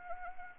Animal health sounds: mosquito wingbeat signal from an infrared sensor; Anopheles arabiensis

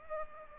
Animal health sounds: mosquito wingbeat signal from an infrared sensor; Culex pipiens

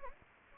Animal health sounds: mosquito wingbeat signal from an infrared sensor; Anopheles gambiae

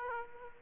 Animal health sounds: mosquito wingbeat signal from an infrared sensor; Aedes aegypti

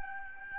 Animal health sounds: mosquito wingbeat signal from an infrared sensor; Aedes albopictus

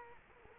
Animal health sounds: mosquito wingbeat signal from an infrared sensor; Culex quinquefasciatus

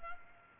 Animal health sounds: mosquito wingbeat signal from an infrared sensor; Culex pipiens

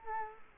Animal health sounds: mosquito wingbeat signal from an infrared sensor; Culex quinquefasciatus

